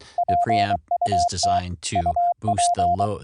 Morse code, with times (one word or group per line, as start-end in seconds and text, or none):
0.2-1.6 PUT
2.0-3.1 UP